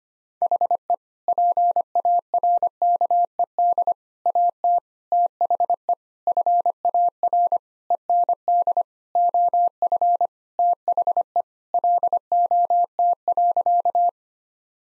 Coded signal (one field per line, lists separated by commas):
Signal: Morse code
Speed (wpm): 25 wpm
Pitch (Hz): 700 Hz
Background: none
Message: HE PARKED AT THE FAR END OF THE LOT.